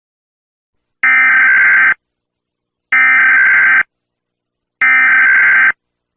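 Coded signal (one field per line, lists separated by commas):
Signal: Emergency Alert System (SAME) tones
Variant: header bursts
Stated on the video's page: Fictional EAS alert presented as archived footage of a fictional containment facility outbreak.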